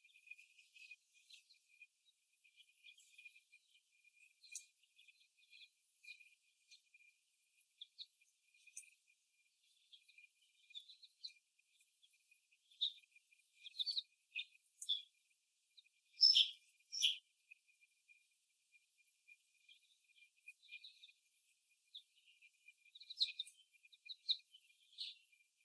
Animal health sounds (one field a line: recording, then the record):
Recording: young laying hens in a cage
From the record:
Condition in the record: before the stressor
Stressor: simulated dog barking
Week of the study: 1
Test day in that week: 1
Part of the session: 2